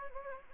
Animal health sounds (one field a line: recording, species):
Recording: mosquito wingbeat signal from an infrared sensor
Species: Anopheles gambiae